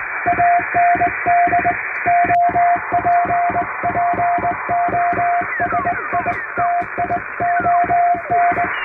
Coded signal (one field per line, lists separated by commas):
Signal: Morse code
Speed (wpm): 21 wpm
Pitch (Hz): 700 Hz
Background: music, radio noise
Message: AND OPPOSITION